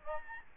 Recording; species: mosquito wingbeat signal from an infrared sensor; Aedes albopictus